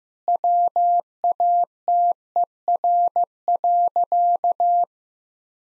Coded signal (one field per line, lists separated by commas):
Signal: Morse code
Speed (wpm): 15 wpm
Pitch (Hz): 700 Hz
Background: none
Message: WATER.